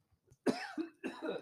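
Two quick, harsh coughs from an adult man come back to back, each a sudden noisy burst lasting about half a second, with a brief throat sound just before them. These are plain coughs in a quiet indoor room, with no wheeze or whoop.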